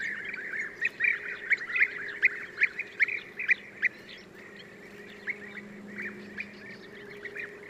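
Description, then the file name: European bee-eater calls, a burst of bright rolled notes in the first four seconds, then softer overlapping calls, low hum beneath. "gyurgyalag"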